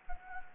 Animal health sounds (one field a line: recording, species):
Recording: mosquito wingbeat signal from an infrared sensor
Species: Anopheles gambiae